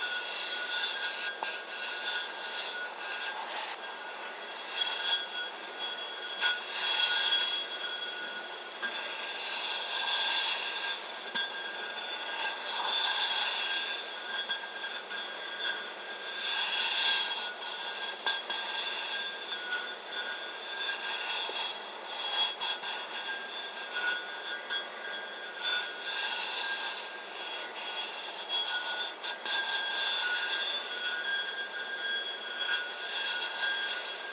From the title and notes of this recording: Singing Mug. Like this “singing” mug held very close to the ear. I like the ceramic sounds.